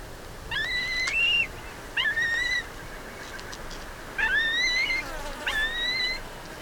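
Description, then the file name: Black-breasted buzzard calling in clear whistled notes, each starting with a sharp rise and then a held, slightly wavering tone, four calls in quick succession. "Hamirostra Melanosternon"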